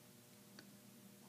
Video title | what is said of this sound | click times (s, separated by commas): Parts of a compound microscope | every time I rotate it you can maybe hear that little click into place | 0.6 s